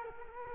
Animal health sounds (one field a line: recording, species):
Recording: mosquito wingbeat signal from an infrared sensor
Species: Culex quinquefasciatus